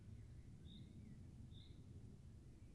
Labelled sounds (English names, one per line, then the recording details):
Common Chaffinch
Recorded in Germany
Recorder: ecoPi